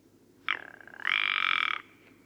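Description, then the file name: Rock ptarmigan giving a dry, croaking rattle: a brief burst, then a longer, louder grating rattle. Recorded at Karwendelspitze on 6 July 2014. "Alpenschneehuhn. Karwendelspitze. Michle Pron"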